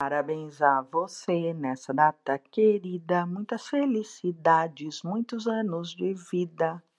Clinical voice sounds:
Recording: short text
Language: Brazilian Portuguese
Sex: female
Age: 50 to 59 years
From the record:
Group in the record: control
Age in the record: 53 years

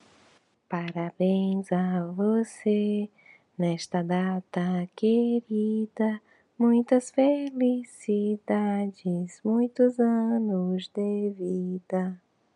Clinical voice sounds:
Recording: short text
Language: Brazilian Portuguese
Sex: female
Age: 30 to 39 years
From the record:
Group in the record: control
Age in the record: 36 years

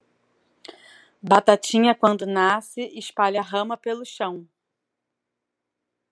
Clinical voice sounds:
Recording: short text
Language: Brazilian Portuguese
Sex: female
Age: 30 to 39 years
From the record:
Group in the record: control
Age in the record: 39 years

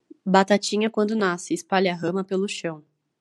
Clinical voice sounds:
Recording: short text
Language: Brazilian Portuguese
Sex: female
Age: 20 to 29 years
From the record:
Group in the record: control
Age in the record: 25 years

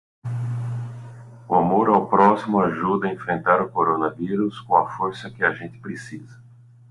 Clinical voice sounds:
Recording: spoken sentence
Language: Brazilian Portuguese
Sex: male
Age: 40 to 49 years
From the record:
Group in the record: control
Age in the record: 43 years

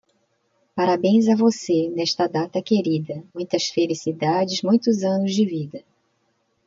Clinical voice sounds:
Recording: short text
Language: Brazilian Portuguese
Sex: female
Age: 50 to 59 years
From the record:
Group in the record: control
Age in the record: 55 years

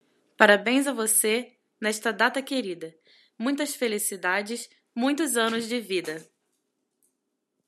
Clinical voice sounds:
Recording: short text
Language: Brazilian Portuguese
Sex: female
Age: 30 to 39 years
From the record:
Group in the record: control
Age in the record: 34 years

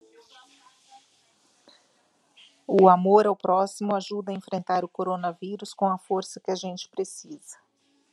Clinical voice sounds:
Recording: spoken sentence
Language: Brazilian Portuguese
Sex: female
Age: 40 to 49 years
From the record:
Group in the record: control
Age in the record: 48 years

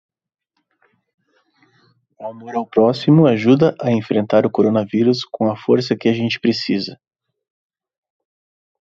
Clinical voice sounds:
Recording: spoken sentence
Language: Brazilian Portuguese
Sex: male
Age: 30 to 39 years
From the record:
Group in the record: control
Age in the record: 31 years

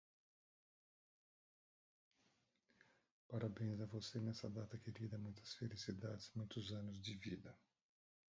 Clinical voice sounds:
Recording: short text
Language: Brazilian Portuguese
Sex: male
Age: 60 to 69 years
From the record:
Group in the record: control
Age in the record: 61 years

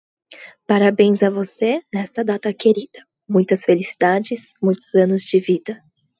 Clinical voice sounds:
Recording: short text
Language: Brazilian Portuguese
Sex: female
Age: 20 to 29 years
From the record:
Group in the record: control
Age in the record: 21 years

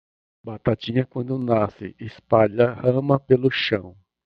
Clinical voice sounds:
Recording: short text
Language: Brazilian Portuguese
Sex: male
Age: 50 to 59 years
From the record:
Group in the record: control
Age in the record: 59 years

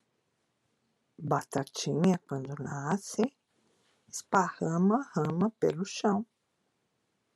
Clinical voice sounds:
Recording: short text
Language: Brazilian Portuguese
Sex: female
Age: 60 to 69 years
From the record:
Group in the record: control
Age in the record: 62 years

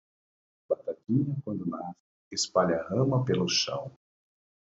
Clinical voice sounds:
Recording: short text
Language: Brazilian Portuguese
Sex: male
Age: 40 to 49 years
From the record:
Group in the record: control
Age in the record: 45 years

